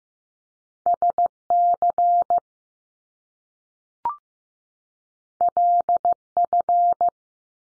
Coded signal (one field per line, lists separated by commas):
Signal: Morse code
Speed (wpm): 15 wpm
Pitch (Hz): 700 Hz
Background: none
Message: S C L F